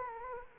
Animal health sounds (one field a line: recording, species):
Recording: mosquito wingbeat signal from an infrared sensor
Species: Anopheles arabiensis